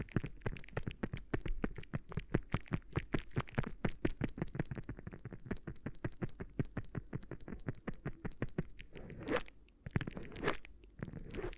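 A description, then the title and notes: Crinkly ear massage sounds: a fast, steady run of sharp crackling rustles, several per second, for most of the clip. Near the end the rhythm breaks into a few slower, louder crinkles and brushing swipes with short quiet gaps between them. ASMR Addictive Crinkly Ear Massage (No Talking).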